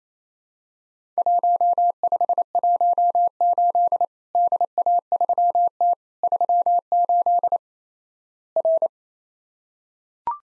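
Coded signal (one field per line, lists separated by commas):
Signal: Morse code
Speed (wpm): 27 wpm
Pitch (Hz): 700 Hz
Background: none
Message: 1518 DA3T 38 R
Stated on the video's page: Practice drill of Worked All Europe DX Contest QTC exchanges in Morse code at 28 wpm, each sent twice.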